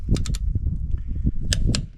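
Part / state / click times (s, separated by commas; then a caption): torque wrench on rear brake caliper bolts / torque reached / 1.5 s, 1.8 s. A torque wrench tightens the rear brake caliper bolts on a car. Three quick ratcheting ticks come early, then two sharp clicks at 1.5 and 1.8 seconds show the wrench reaching its set torque and confirm the bolts are tightened. Someone talks over low background rumble.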